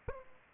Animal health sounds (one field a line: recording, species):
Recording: mosquito wingbeat signal from an infrared sensor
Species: Aedes aegypti